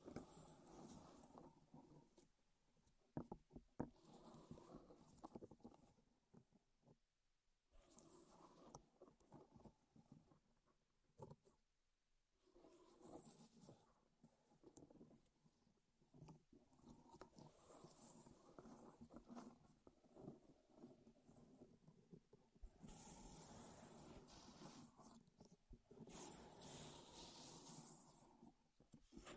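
Wooden objects are tapped, rubbed and scratched in a dense run of small clicks and crackles. The activity comes in bursts separated by brief quiet gaps near 8, 12 and 17 seconds. A brighter, hissier scraping stretch fills roughly 23 to 27 seconds.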